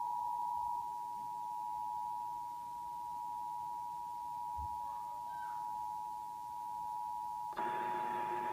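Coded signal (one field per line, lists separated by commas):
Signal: Emergency Alert System (SAME) tones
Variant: 853 and 960 Hz attention tone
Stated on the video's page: National Periodic Test EAS tones relayed by the station.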